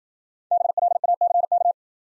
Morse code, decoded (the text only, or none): BLACK